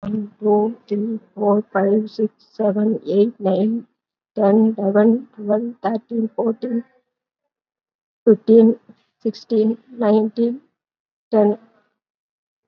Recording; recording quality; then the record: counting at a normal pace; excellent, no background noise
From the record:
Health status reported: COVID-19 positive, mild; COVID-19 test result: positive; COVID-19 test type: RT-PCR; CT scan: not taken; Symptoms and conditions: sore throat, another condition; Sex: female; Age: 66 years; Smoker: no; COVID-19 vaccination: none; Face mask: not worn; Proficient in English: no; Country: India